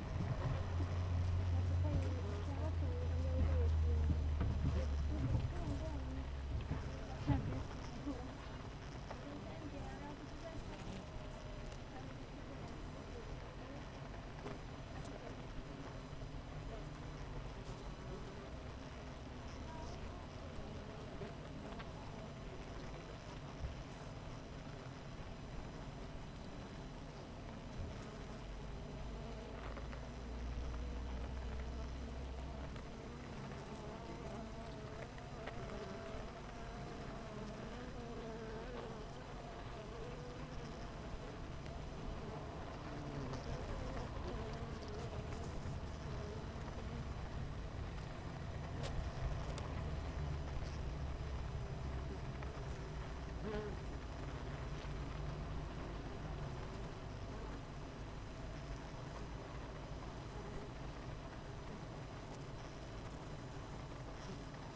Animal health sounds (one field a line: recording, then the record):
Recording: honeybee colony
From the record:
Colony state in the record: missing queen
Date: 14 July 2017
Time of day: 7:41